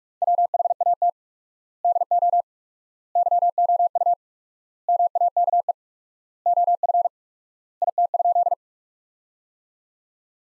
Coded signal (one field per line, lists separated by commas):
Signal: Morse code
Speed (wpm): 46 wpm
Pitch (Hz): 700 Hz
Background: none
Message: WHAT DO YOU MAKE OF IT?